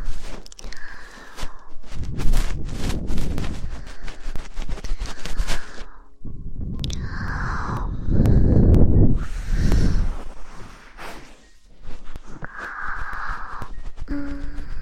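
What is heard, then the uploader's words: Crackling ear-cleaning sounds fill the recording, with sharp pops and rustles coming in dense bursts, heaviest around two to five seconds and again near eight to ten. Deep rubbing thumps sit underneath, while brief brighter scraping tones surface between bursts. Ear cleaning & relaxing triggers.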